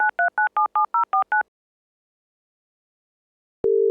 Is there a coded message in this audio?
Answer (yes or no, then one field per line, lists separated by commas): yes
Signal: DTMF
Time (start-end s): 0.0-1.4 s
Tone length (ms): 120 ms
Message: 93977049